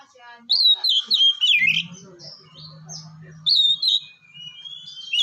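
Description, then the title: Oriental magpie-robin song, bursts of bright whistles and chirps, with a low hum beneath much of it. "kacer"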